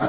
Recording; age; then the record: pig call; growing-finishing pig (85 days or more)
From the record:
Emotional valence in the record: positive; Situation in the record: run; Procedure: transit